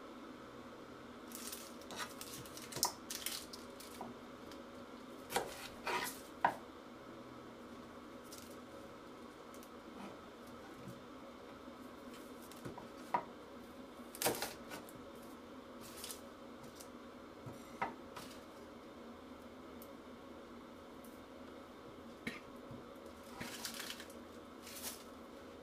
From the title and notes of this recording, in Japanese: 環境音 トマトソースパスタの一部始終。